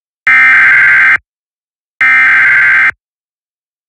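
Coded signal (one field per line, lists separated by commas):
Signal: Emergency Alert System (SAME) tones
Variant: header bursts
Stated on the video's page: Weekly tests; the station products are recreations credited to another producer.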